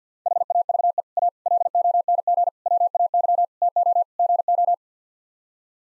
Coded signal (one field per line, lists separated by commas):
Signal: Morse code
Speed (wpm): 50 wpm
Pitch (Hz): 700 Hz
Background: none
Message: HAVE A LONG WAY TO GO